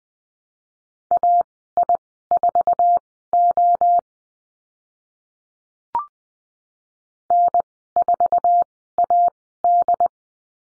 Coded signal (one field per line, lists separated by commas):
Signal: Morse code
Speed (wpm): 20 wpm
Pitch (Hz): 700 Hz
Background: none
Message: AI4O N4AD